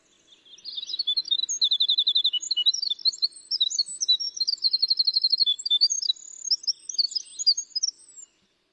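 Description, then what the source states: Winter Wren song: a long, tumbling cascade of high tinkling notes and fast trills, running continuously for about eight seconds. Played from a tape; a beautiful, flute-like sound.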